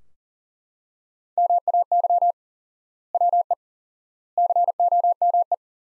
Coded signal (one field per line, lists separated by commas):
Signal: Morse code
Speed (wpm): 40 wpm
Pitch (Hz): 700 Hz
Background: none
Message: MAY WE COME